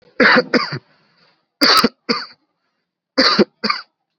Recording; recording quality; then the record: heavy voluntary cough; excellent, no background noise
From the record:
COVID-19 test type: RT-PCR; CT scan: not taken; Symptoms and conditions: none ticked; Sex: male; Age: 29 years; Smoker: yes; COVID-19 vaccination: both doses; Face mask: worn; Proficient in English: yes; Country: India